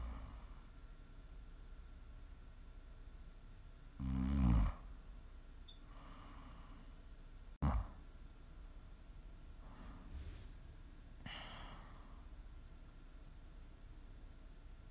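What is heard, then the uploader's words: Snoring in a quiet room, with one loud, rough snore at about four seconds and a short snort just before eight. Softer, breathy snores follow at around six, ten and eleven seconds over a low, steady hum. ASMR snoring.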